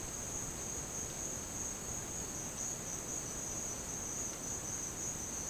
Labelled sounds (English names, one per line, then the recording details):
none
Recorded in dense forest near Puerto Asís, Putumayo, Colombia, on 13 March 2025 at 11:30
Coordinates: 0.500, -76.322
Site GP06